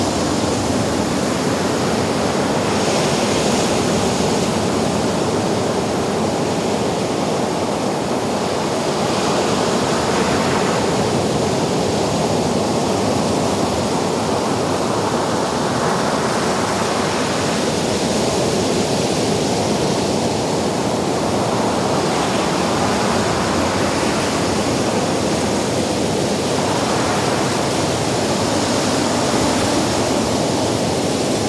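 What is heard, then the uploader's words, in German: Distant ocean waves wash in a dense, steady roar on a windy winter morning, with no single breaker standing out. The sound stays full and level throughout, while the brighter hiss swells and fades in slow surges every few seconds. Morgendämmerung am Strand. Ferne Ozeanwellen an einem windigen Wintermorgen. Im Hintergrund vermischen sich das gedämpfte Brüllen des fernen Ozeans und das subtile Vorrücken der Gezeiten.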